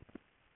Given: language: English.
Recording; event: throat vibration sensor signal played as sound; swallow